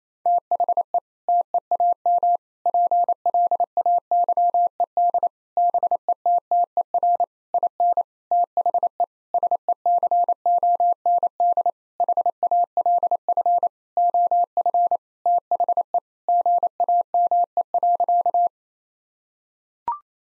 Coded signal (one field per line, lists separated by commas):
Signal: Morse code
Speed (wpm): 28 wpm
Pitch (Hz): 700 Hz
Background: none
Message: THE TEAM PLAYED BETTER IN THE SECOND HALF OF THE GAME.